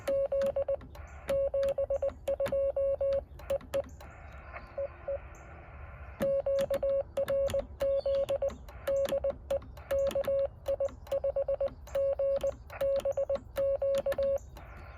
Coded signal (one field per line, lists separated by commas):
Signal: Morse code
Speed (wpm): 19 wpm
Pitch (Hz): 550 Hz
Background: none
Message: Z 72 EE EE QRZ DE KI5GBQ